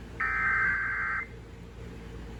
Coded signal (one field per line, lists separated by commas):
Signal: Emergency Alert System (SAME) tones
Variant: header bursts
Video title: A SHORT SLGT RISK EVENT... EAS Alerts from 6/28/22 (EAS 1,091-1,096)